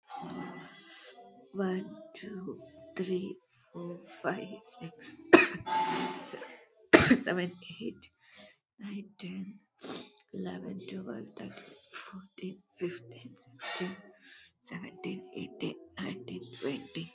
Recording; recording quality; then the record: counting at a normal pace; moderate, slight background noise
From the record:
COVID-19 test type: RT-PCR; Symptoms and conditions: cough, cold, breathing difficulty, sore throat, fever, fatigue, muscle pain, loss of smell and taste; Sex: female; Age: 22 years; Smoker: no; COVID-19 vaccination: both doses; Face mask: not worn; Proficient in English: yes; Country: India